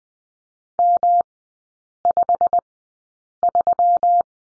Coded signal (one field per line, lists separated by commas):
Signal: Morse code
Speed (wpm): 20 wpm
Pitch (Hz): 700 Hz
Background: none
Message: M53